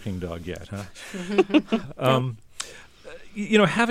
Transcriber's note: soundbite of laughter